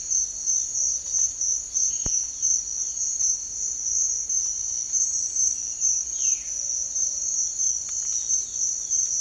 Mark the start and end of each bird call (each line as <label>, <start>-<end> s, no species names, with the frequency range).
bird call (1.2-4.0 kHz), 6.16-6.60 s
bird call (1.6-4.3 kHz), 7.96-9.20 s